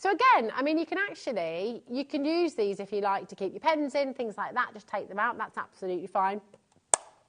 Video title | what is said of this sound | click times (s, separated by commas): HobbyMaker Live | and again they just really click in place brilliantly | 6.9 s